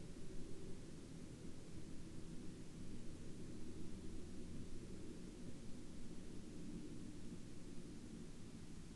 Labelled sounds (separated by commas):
wind